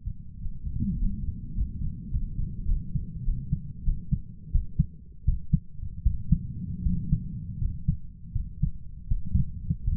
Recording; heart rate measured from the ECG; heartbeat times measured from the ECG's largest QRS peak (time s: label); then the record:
heart sounds by stethoscope; 89 bpm
0.37 s: heartbeat
0.95 s: heartbeat
1.53 s: heartbeat
2.10 s: heartbeat
2.67 s: heartbeat
3.24 s: heartbeat
3.84 s: heartbeat
4.51 s: heartbeat
5.24 s: heartbeat
6.02 s: heartbeat
6.82 s: heartbeat
7.57 s: heartbeat
8.32 s: heartbeat
9.07 s: heartbeat
9.84 s: heartbeat
From the record:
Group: healthy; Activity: Valsalva maneuver 0-2 s, rest 2-10 s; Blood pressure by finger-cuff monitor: 77/76 mmHg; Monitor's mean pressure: 79 mmHg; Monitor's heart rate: 88 bpm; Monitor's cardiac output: 7.8 L/min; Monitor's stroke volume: 80 mL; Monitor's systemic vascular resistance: 670 dyn s/cm5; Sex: male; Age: 23 years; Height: 178 cm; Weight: 96.6 kg